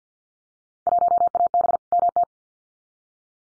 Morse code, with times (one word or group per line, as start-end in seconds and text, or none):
0.9-1.8 1AB
1.9-2.2 MT